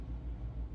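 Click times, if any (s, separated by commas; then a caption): none. The coaxial antenna cable connector is being handled over its socket on the mainboard of a Xiaomi Mi 14 Ultra phone during a screen replacement. Only a steady low rumble is heard, with no distinct click. Nothing has seated or clicked yet.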